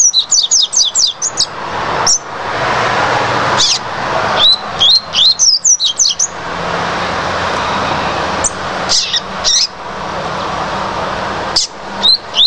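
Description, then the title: Double-collared seedeater with scattered bursts of high, sharp chirping notes among a continuous hiss. "Canto Coleiro"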